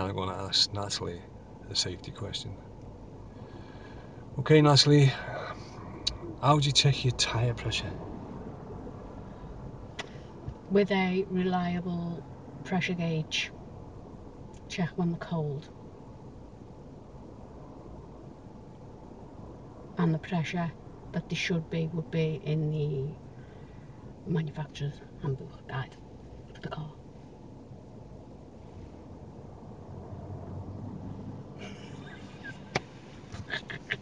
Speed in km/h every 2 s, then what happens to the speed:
0, 0, 0, 0, 0, 0, 0, 0, 0, 0, 0, 0, 0, 0, 0, 0, 0.
0-34 standing.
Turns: none.